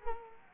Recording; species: mosquito wingbeat signal from an infrared sensor; Culex quinquefasciatus